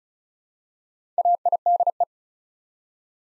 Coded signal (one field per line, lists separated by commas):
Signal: Morse code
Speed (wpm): 36 wpm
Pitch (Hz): 700 Hz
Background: none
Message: AIDE